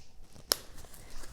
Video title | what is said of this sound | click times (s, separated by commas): Emergency Preparedness: Feminine Hygiene | you simply snap the snap in place and it makes this | 0.5 s